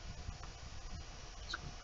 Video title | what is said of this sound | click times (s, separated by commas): Scuba & Speed --Vicious Ant Spade Squonker---6/1/2018 | Clicks right in. | 1.5 s